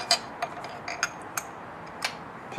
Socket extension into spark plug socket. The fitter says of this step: pop it in your hear it lock in